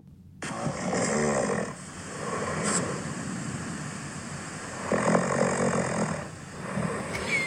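An adult woman snoring during sleep: two coarse, low-pitched rattling snores arrive about four to five seconds apart, each lasting over a second, with quieter breathing noise in between. This is ordinary snoring, from soft tissues of the upper airway vibrating during sleep.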